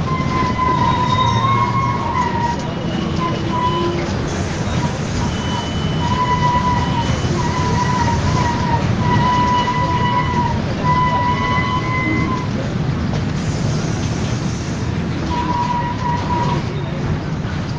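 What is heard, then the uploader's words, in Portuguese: A ride aboard a city bus, with a steady, dense rumble of the engine and road filling the low end throughout. A thin whining tone near one pitch rises and falls repeatedly, likely the drivetrain, while faint voices murmur in the background. Volta de ônibus por Pelotas.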